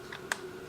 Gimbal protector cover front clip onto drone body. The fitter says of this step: And it snaps in place up there in the front, so pretty cool.